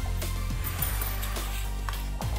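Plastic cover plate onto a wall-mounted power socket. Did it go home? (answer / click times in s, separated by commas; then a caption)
no / none. A plastic cover plate is handled against a wall-mounted power socket, with a steady musical bed underneath and a few brief knocks at about 0.8, 1.9 and 2.2 seconds. The cover has not seated or clicked yet.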